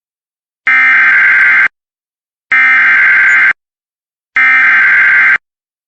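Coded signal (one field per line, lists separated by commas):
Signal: Emergency Alert System (SAME) tones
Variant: header bursts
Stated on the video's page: Compilation of EAS alerts: severe thunderstorm warnings, a required weekly test, a blizzard warning and a tornado watch.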